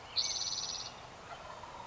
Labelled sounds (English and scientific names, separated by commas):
Spotted Towhee (Pipilo maculatus)